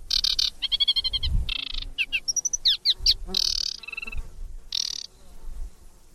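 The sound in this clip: Bird calls: harsh, buzzy bursts alternating with short chirps and rapid down-slurred notes, repeated throughout over a low rumble.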